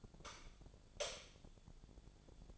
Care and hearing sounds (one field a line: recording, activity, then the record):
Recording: daily activity, microphone in the room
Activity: light off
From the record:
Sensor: 5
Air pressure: 1000.2 hPa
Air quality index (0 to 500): 104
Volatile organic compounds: 1 ppm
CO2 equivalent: 843 ppm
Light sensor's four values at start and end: 252/598/257/286 and 252/597/257/286